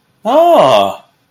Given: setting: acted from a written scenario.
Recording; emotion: vocal sound without words; amusement